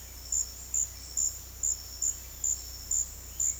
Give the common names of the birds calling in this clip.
Smooth-billed Ani